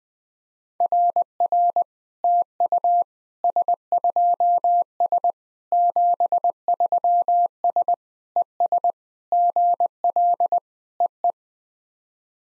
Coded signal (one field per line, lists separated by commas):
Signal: Morse code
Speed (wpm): 20 wpm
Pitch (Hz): 700 Hz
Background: none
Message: RR TU S2S 73S ES GL EE